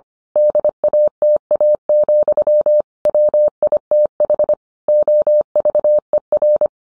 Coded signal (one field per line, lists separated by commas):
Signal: Morse code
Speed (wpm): 25 wpm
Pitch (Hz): 600 Hz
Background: none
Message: DATA, WITH OVER